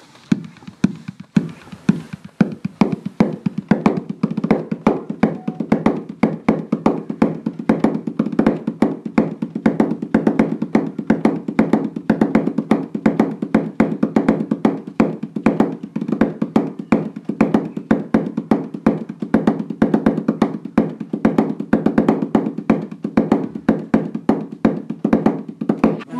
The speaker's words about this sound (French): Mais sur des trucs gros. Parce que les trucs gros, ça fait beaucoup de bruit. Mm-hmm. Et ça, c'est quelque chose que j'aime bien. Okay. Je vais taper sur le gros frigo. Et je veux faire du rythme afro.